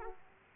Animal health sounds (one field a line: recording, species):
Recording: mosquito wingbeat signal from an infrared sensor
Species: Aedes aegypti